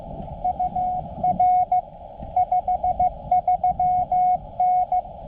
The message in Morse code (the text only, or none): UR 53N